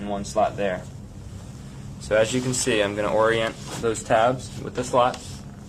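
Someone talks while lining up the plastic tabs of the napper with the two slots in the sides of the bassinet on a Graco Pack 'n Play Playard with Reversible Seat & Changer LX, over a steady low hum. The tabs are only being handled here; nothing has seated or clicked yet.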